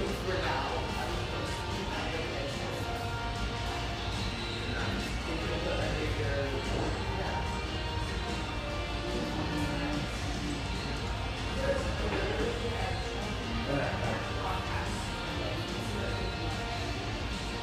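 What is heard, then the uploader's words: A pleasant hum fills an espresso house, with overlapping voices talking steadily throughout. The murmur stays dense and even, over a constant low drone, with faint clinks and small bright clatters scattered here and there. Vancouver, Washington. The pleasant hum in this lovely espresso house near the Vancouver riverfront.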